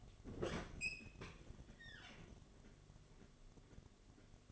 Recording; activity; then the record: daily activity, microphone in the room; open fridge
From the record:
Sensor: 4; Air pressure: 1005.5 hPa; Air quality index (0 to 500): 173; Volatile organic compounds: 5 ppm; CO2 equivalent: 1707 ppm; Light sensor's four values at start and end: 6/12/5/4 and 5/11/4/4